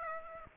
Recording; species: mosquito wingbeat signal from an infrared sensor; Aedes aegypti